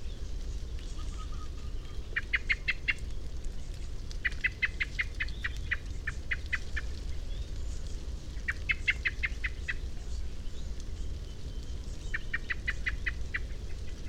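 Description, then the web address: Common blackbird uttering repeated rattling series of sharp chink notes, about four bursts, against a low droning rumble. "SETE data Turdus merula"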